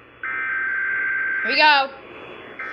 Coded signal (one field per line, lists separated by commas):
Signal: Emergency Alert System (SAME) tones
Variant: header bursts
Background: speech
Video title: NYC Required Monthly Test on WCBS-AM (EAS #385)